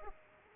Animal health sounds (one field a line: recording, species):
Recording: mosquito wingbeat signal from an infrared sensor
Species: Aedes aegypti